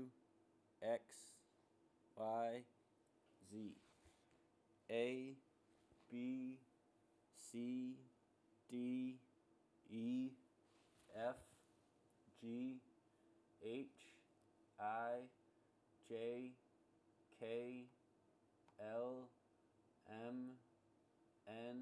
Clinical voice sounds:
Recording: letters of the alphabet, spoken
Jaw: free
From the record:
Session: seven days later

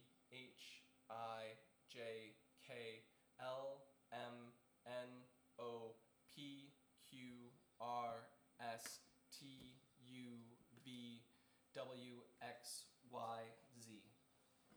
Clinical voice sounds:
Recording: letters of the alphabet, spoken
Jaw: free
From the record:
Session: seven days later

